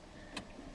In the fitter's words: and then you can hear it click and that is the lever